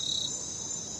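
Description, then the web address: Cricket trill, a continuous high shrill buzz held steady through the brief moment, with no other sounds. Crickets at night. "the sound pack tree. night crickets"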